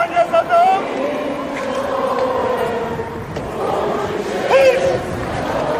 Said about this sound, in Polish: pary prezydenckiej opuścił Bazylikę Mariacką, by przejść na Wawel, zebrani przed świątynią skandowali dziękujemy.